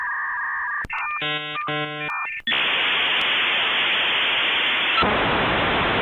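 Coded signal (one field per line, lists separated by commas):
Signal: dial-up modem handshake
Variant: 56k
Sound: steady tones, then buzzy harmonic tones, then loud broad hiss that shifts timbre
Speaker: quand vous cliquez sur vous connecter à Internet bah ça va appeler le numéro d'où les fameuses sont de ces modernes que vous reconnaîtriez tout de suite je pense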